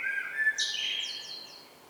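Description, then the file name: Common blackbird singing one mellow, fluted phrase that ends in a brief high, squeaky twitter. "Turdus merula"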